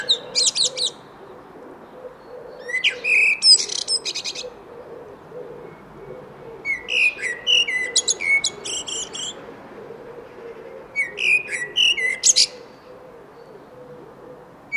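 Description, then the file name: Eurasian blackbird delivering repeated song phrases every few seconds, rich whistles ending in shrill twittering, over a steady low background hum. "Turdus merula"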